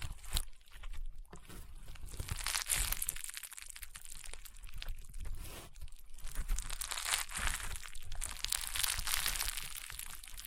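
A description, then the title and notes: Crunchy, popping slime is squeezed and pressed, giving dense crackling and snapping bursts that come in waves every second or two. The sound is bright and crisp, with brief quieter gaps between handfuls and a faint low rumble underneath. ASMR EXTREME CRUNCHY AND POPPING SOUNDS Rainbow Honeycomb Slime (No Talking).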